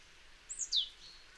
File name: Poecile palustris